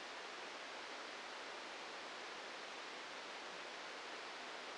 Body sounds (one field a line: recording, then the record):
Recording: brain microelectrode recording played as sound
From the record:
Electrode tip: outside the subthalamic nucleus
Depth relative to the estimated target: 0 mm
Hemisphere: left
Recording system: NeuroSet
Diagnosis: Parkinson's disease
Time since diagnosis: 8 years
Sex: male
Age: 46 years